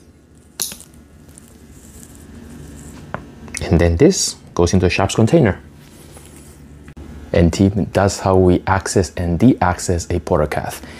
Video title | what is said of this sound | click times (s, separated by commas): Port-a-cath Access & Deaccess | almost like a can of pop okay like this and you're going to hear the click ready 1 2 3 | 0.6 s